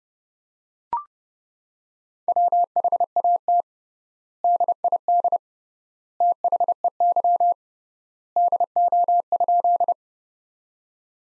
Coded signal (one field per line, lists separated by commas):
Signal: Morse code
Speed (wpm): 30 wpm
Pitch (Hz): 700 Hz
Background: none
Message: WHAT DID THEY DO?